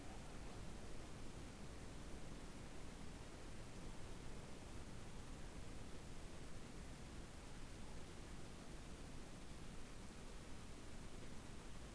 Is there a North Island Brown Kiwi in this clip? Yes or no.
no